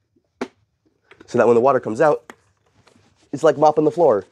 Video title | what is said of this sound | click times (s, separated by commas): I Found The Best Budget Robot Vac For High CARPETS! Vipsun | let's see clicks on like this | 0.4 s